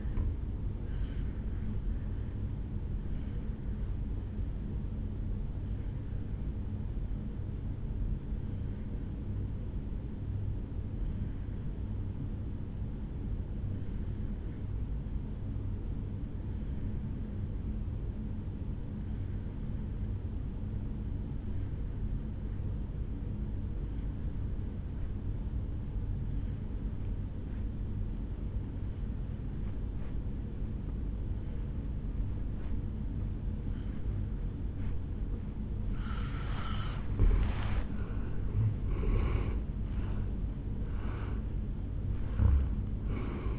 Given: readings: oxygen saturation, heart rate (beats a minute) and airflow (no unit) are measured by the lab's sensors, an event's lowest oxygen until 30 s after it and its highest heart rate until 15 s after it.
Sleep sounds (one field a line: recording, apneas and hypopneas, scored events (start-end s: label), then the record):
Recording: breathing in sleep by a smartphone at the bedside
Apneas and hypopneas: 1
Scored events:
8.00-38.30 s: obstructive apnea (N2, oxygen 96% highest, then 83% lowest, heart rate 57 at the start, 75 highest)
32.00-43.58 s: new sleep stage, N1 (lightest sleep)
From the record:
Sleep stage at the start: N2 (light sleep)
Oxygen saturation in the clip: 83 to 96%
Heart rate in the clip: 54 to 74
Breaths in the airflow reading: 3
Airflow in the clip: -10.5 to 8.5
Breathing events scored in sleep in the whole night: 449 in 7.0 hours asleep